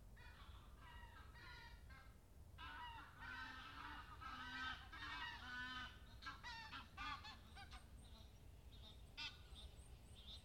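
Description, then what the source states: Goose: geese honking, a loose chorus of nasal, stacked honks from several birds, busiest in the middle, with a steady low rumble of background noise throughout. Recorded at Bonaly Country Park.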